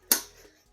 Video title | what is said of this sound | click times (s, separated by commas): Home Depot 12 Foot Witch Animatronic Unboxing/Set Up! | snaps together until you hear the click | 0.1 s